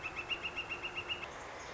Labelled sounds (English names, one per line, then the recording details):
Northern Flicker
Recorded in Sonoma County, California